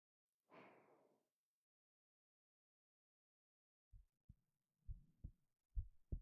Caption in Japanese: 心臓がトクントクンとなる音を聞いていると、不思議と眠くなるんですよ。